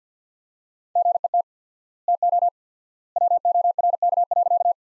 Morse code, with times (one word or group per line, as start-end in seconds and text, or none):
1.0-1.4 GET
2.1-2.5 TO
3.2-4.7 WORK.